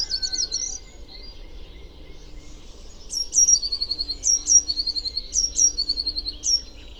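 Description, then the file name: Eurasian blue tit calling: high thin notes that fall into a quick trill, a phrase repeated about once a second after a quiet spell, with a soft low hum behind. "Cyanistes caeruleus"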